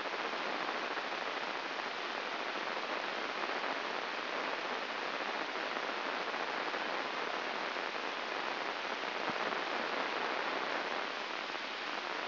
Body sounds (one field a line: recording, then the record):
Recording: brain microelectrode recording played as sound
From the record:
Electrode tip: inside the subthalamic nucleus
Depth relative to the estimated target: -1 mm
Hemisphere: right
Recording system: AlphaMap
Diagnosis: Parkinson's disease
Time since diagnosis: 10 years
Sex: female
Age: 63 years